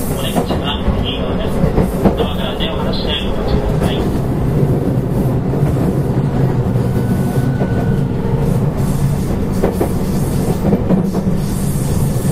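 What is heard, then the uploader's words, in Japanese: A 223 series electric train on a Kobe Line special rapid service rolls along with a steady, dense low rumble and rhythmic clatter throughout. Brief high chirping tones come and go in the first four seconds, with faint murmurs of speech in the background. JR西日本、223系電車の走行音です。神戸線の新快速列車にて収録しました。区間は、新大阪から三宮までです。神戸線新快速 新大阪から三宮まで。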